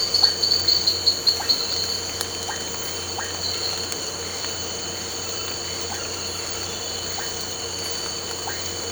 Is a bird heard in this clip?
no